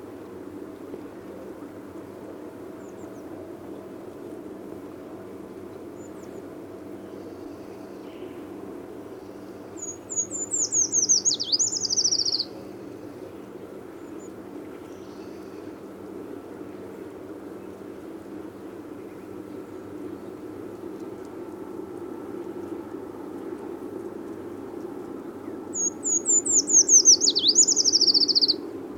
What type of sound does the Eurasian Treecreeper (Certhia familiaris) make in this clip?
song